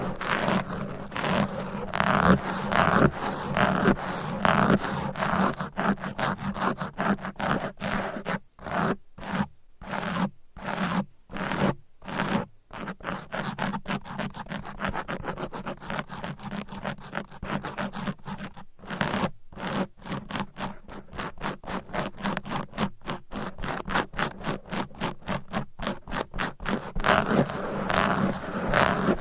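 Fast, aggressive scratching on a microphone, a rough rasping noise that fills the whole clip. Early on it is dense and continuous, then it breaks into choppy bursts with short silent gaps around ten and nineteen seconds, ending in rapid regular strokes.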